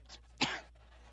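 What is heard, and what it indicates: A single sharp, dry cough burst from an adult woman, part of an ongoing coughing fit during a speech at a podium, which she puts down to feeling allergic.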